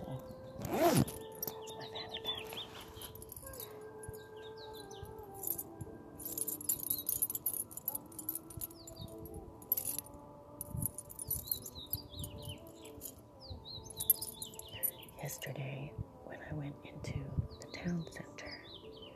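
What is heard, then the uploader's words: Singing bowls hum in long steady tones while bracelet jingles, chirping birds and faint cat sounds come and go, with a sharp strike near the start. Tibetan singing bowls, gypsy bracelet, Native American tribal drumming, the birds, wind chimes, kitties joining.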